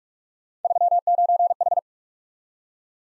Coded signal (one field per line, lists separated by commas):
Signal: Morse code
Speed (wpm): 44 wpm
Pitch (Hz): 700 Hz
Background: none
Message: 39H